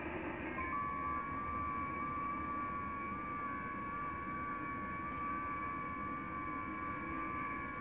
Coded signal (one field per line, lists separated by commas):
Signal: FT8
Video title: 1AΦC, Order of Malta, EUROPE, 7MHz, FT8, Worked by HL2WA